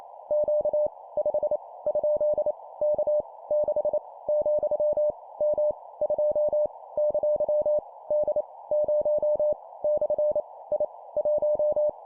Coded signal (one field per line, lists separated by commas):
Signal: Morse code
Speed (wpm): 28 wpm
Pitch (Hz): 600 Hz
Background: none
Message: Q 5 ? K 6 , M 2 ! D 0 / I 1